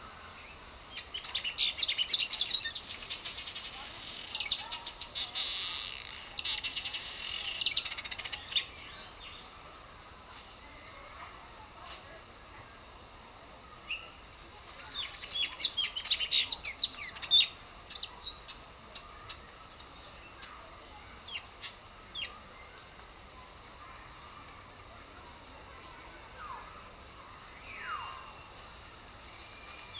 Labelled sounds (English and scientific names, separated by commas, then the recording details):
Black-headed Weaver (Ploceus melanocephalus) call
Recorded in captivity
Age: adult
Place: Zoo Berlin, Berlin, DE
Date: 1997-08-19 11:42
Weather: fair, 26-28°C
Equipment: Marantz CP 130, Mikro CE, Kopie Uher 4000 Report Monitor
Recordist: Tembrock, Günter